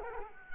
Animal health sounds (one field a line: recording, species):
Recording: mosquito wingbeat signal from an infrared sensor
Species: Culex quinquefasciatus